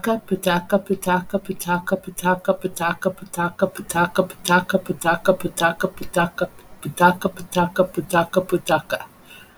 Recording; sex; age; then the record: repeated syllables /pa ta ka/; female; 60 to 69 years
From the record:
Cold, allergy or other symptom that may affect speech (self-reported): no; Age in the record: 65 years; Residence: Nevada, United States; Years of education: 22